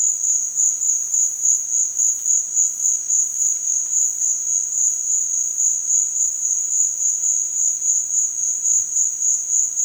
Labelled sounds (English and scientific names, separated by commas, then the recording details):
none
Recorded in dense forest near Puerto Asís, Putumayo, Colombia, on 27 June 2025 at 15:30
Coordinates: 0.468, -76.322
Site GP03